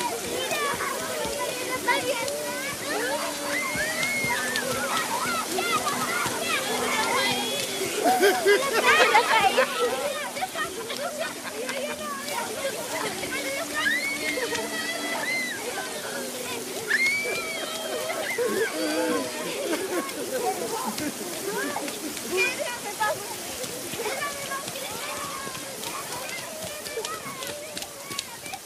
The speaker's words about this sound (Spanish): ¡No tengan miedo al agua! ¡Miren cómo su obispo camina tranquilo en medio de la lluvia!